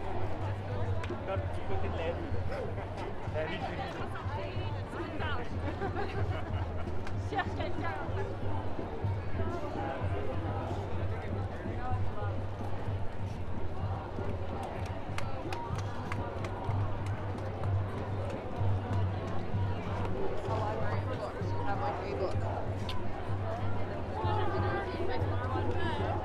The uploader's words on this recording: Protest Ambience. The sounds of the streets during yesterday’s march/protest.